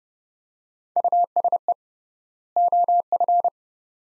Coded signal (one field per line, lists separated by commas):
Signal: Morse code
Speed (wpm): 31 wpm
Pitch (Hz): 700 Hz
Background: none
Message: USE OF